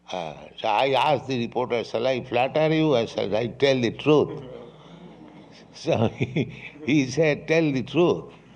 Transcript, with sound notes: So I asked the reporter, "Shall I flatter you or shall I tell the truth?" [chuckles] So he said, "Tell the truth."